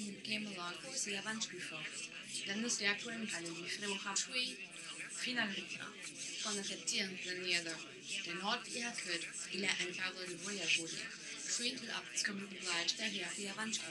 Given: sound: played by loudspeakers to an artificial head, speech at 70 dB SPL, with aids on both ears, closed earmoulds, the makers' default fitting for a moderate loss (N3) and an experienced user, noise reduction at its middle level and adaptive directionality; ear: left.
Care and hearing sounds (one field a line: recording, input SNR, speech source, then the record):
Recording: speech test signal (ISTS) in cocktail-party noise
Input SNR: +6 dB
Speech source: on the right (90 degrees)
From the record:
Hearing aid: class 1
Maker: J